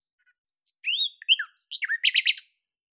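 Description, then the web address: Bird song: a varied phrase of sliding whistles and chirps ending in a short, buzzy run of rapidly repeated notes. "Deverinetal 2025"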